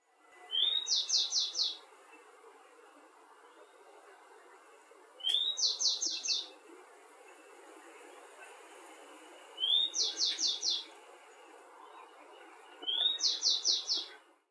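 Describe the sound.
Bird song: a short rising note followed by a rapid series of about five bright notes, given four times over a steady rushing background.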